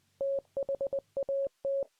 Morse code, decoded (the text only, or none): THAT